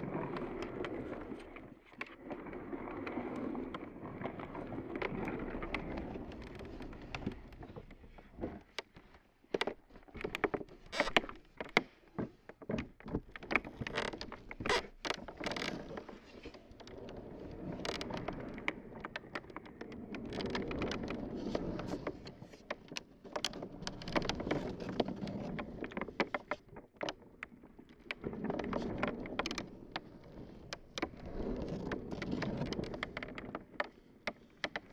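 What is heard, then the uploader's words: An office chair rolls over a wood floor, a low continuous rumble swelling and fading, broken by frequent sharp clicks and knocks through the middle. This is a recording of the wood floor in my apartment. There are some loud creaks in one spot and I wanted to capture that with two contact mics. I also rolled an office chair around and it added another element to the sound. The sound you hear in this recording is completely dry.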